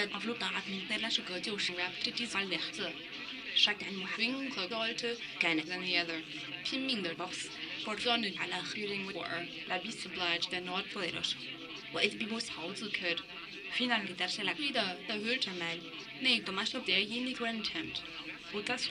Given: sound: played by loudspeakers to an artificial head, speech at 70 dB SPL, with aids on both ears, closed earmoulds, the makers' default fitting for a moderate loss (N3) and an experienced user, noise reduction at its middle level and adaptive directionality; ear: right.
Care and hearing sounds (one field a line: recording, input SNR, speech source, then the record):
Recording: speech test signal (ISTS) in cocktail-party noise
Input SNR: +9 dB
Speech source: in front (0 degrees)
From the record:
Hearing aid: class 2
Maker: D